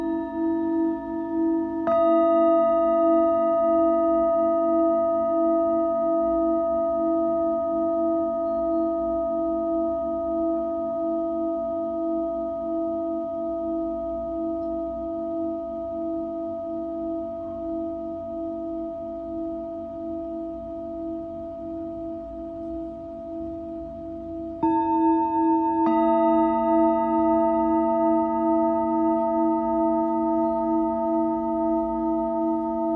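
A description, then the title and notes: A Tibetan singing bowl rings with a sustained, shimmering tone, layered with clear higher overtones that hang steadily in the air. Around two seconds and again near twenty-five seconds it is struck anew, the ringing swelling back up before settling into a long, slowly fading hum. Tibetan Singing Bowl のサウンドヒーリングLIVE.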